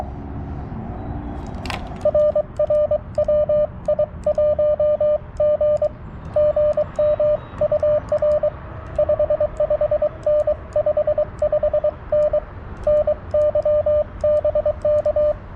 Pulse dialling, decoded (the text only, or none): none